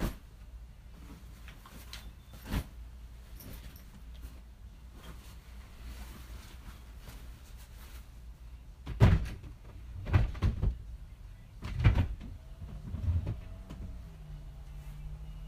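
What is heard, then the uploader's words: Someone cleaning a top shelf with a low, steady background rumble. A light click sounds near the start, then a cluster of thuds and knocks follows between about nine and thirteen seconds, like items or a cupboard door being moved. A low hum rises at the end. ASMR Cleaning style with me. Clean my top shelf.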